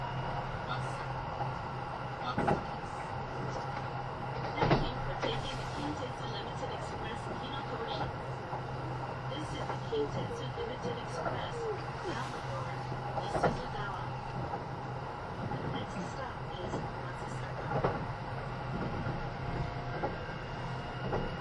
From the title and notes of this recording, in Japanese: 近鉄80000系 (10番台日立製)ひのとり3113レ 01/01:近鉄名古屋～五十鈴川。Vehicles in the 10th series are equipped with Hitachi equipment in the control device and traction motor.